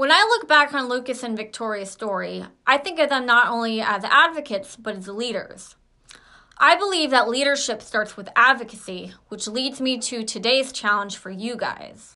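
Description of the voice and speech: A woman speaks clearly and fluently at a natural pace, with ordinary pauses: typical voice and articulation.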